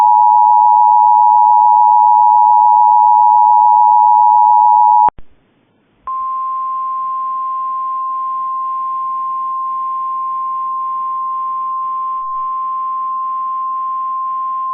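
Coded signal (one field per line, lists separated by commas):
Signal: Emergency Alert System (SAME) tones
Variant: 853 and 960 Hz attention tone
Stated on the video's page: Lake effect snow warning alert carried on Cox cable.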